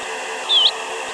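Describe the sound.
Barn swallow call: one brief whistled note that slides gently down then flicks up at the end, heard over steady background hiss.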